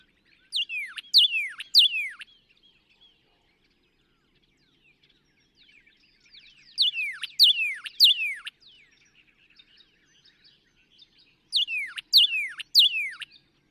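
Northern cardinal repeating a phrase of ringing, down-slurred whistles three times, each phrase separated by several seconds of quiet.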